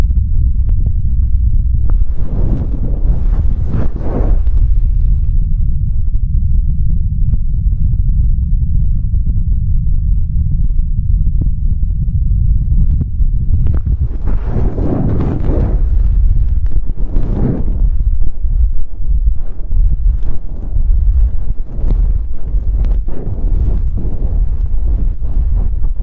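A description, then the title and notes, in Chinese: Hands press hard over the ears, sealing them into a deep, muffled rumble that fills the whole clip. Bursts of rubbing and rustling rise around 2–4 seconds and again near 14–17 seconds, with scattered soft clicks and thumps in between. 暴力捂耳，耳内超高负压。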